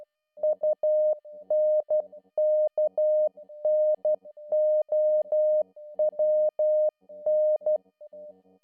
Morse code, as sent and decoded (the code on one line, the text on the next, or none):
..- -. -.- -. --- .-- -.
UNKNOWN